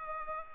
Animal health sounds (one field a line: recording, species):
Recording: mosquito wingbeat signal from an infrared sensor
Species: Culex pipiens